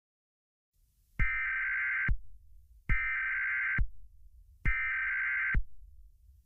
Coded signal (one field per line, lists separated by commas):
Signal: Emergency Alert System (SAME) tones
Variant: header bursts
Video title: EAS Scenario: Comet X Preview.